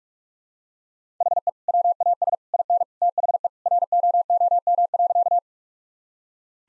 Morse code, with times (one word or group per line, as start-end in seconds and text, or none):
1.2-1.5 HE
1.7-2.4 WAS
2.5-2.8 IN
3.0-3.5 THE
3.7-5.4 ROOM.